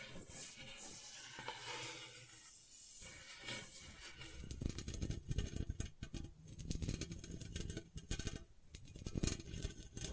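Gentle scratching with soft rustling hiss, quieter and airy for the first four seconds, then denser and busier with quick irregular scrapes.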